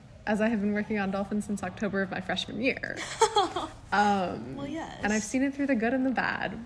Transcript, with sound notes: as I have been working on Dolphin since October of my freshman year?”
(laughs) Well yes.
And I’ve seen it through the good and the bad,